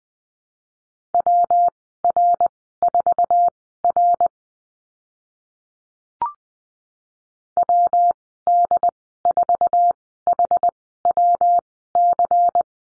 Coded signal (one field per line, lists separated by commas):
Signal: Morse code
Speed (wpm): 20 wpm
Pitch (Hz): 700 Hz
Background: none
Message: WR4R WD4HWC